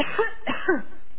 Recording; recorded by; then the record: voluntary cough; telephone call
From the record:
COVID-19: positive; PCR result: self-reported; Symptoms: no